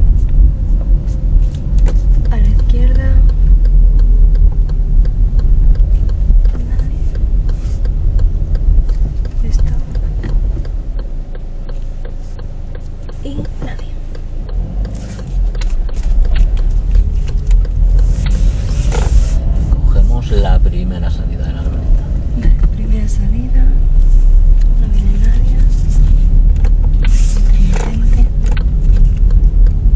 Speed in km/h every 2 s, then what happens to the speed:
22, 19, 15, 15, 12, 2, 0, 0, 9, 17, 16, 17, 17, 18, 17.
0-10 slows to 2. 10-14 standing. 14-18 pulls away to 17. 18-30 steady at about 17.